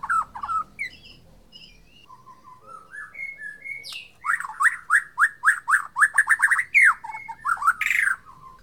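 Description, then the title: White-rumped shama song: soft varied whistles build into a loud, rapid run of repeated upslurred notes with sharp high accents. Bornean type. "MURAI BORNEO MAS KIKI"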